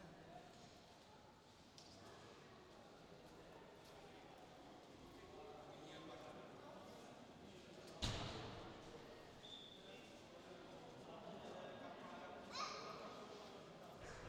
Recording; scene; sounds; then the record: everyday scene through a hearing-aid microphone; reverberant space; background noise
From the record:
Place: railway station hall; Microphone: in the ear canal, left